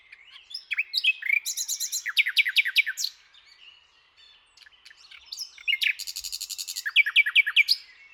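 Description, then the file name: Common nightingale singing two phrases separated by a quiet gap, each mixing rapid repeated chirps with a dry, buzzy rattle high above. "Luscinia megarhynchos"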